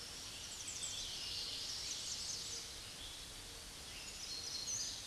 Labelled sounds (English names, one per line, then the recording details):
American Redstart song
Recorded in a Pennsylvania forest on 16 May 2024 at 06:12
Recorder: AudioMoth, point MSD-2040
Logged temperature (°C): 15.3 °C
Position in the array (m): 104 m, 221 m